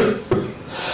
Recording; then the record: coughing mixed with background sound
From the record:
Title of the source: Mid-morning Winter Coughing Fit